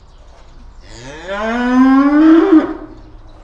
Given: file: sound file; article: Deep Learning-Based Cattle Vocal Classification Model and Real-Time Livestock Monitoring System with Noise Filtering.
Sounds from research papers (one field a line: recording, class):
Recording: cattle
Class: estrus call